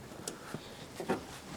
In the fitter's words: Reconectamos el estator al rectificador. Asegúrense de escuchar el clic.